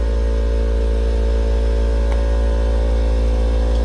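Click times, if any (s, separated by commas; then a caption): none. An air filter that has just been blown out is handled as it is fitted back into the filter housing of a Husqvarna 562XP-G chainsaw, over a steady low hum with tonal bands throughout and a brief faint tap at about 2.1 s. Nothing has seated or clicked into place yet.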